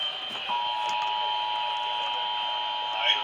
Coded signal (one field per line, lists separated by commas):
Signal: Emergency Alert System (SAME) tones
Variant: 853 and 960 Hz attention tone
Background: speech